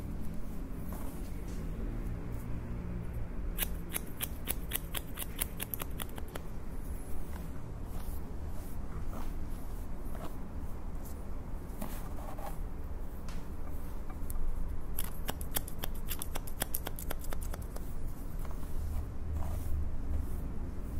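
Scissors cut steadily, their blades snipping in quick runs of sharp clicks with brief pauses between bursts. The snips are dense from about 3 to 8 seconds and again from 14 to 18 seconds. A low rumble and soft rustling continue underneath throughout.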